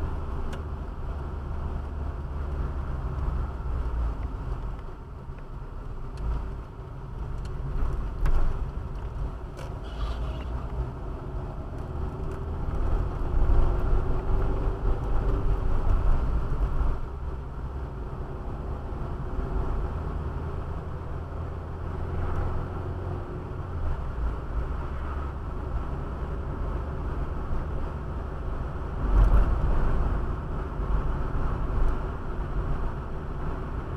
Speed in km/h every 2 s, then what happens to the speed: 30, 29, 25, 20, 19, 24, 34, 40, 41, 42, 47, 53, 54, 54, 56, 57, 58.
0-9 slows to 19. 9-14 speeds up to 40. 18-22 speeds up to 53. 22-34 steady at about 54.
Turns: 5-9.